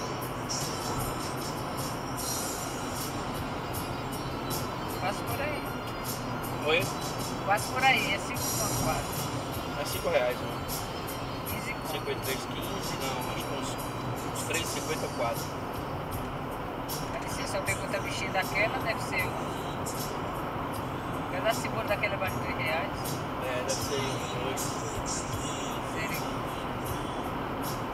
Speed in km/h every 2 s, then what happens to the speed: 131, 130, 130, 130, 129, 129, 129, 129, 128, 127, 129, 130, 133, 135.
0-19 steady at about 129. 19-28 speeds up to 135.